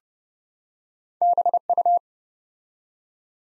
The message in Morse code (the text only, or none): BU